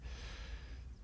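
A single short, rasping gasp-like breath in from an adult man, a noisy inspiration during an asthma flare triggered by hay fever.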